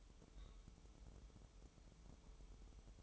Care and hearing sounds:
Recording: daily activity, microphone in the room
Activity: take from stove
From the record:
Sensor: 1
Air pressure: 988.3 hPa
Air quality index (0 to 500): 202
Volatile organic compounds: 1000 ppm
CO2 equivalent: 5411 ppm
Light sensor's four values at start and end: 26/97/37/39 and 26/97/37/39

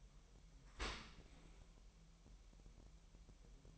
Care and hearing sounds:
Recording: daily activity, microphone in the room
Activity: open dishwasher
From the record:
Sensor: 1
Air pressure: 1000.4 hPa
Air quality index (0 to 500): 247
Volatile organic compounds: 141 ppm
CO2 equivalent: 3981 ppm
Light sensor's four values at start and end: 11/27/11/12 and 11/27/11/12

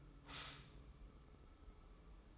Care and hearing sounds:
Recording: daily activity, microphone in the room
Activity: stop toaster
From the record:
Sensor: 1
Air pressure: 995.3 hPa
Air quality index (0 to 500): 25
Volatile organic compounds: 0 ppm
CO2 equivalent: 504 ppm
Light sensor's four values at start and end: 17/58/21/23 and 17/58/21/23

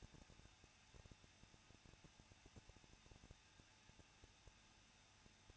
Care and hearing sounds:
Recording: daily activity, microphone in the room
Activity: no activity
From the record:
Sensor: 2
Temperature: 21.0 degrees Celsius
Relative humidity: 37.6%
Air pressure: 1006.3 hPa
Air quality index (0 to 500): 224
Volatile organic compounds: 25 ppm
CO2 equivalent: 2844 ppm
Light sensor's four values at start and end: 2/3/2/2 and 2/3/2/2

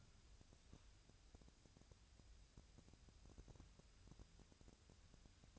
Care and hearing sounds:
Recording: daily activity, microphone in the room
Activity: wipe stove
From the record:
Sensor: 2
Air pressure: 1001.5 hPa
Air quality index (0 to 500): 226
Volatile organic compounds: 25 ppm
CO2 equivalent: 2828 ppm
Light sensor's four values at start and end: 7/26/10/9 and 7/26/10/9

